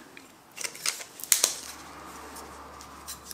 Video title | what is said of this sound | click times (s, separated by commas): 3D printed Dust port adapters - Fusion 360 - CURA - DIY | as you can hear, it just clicks into place and it | 1.3 s